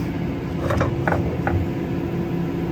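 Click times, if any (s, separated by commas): none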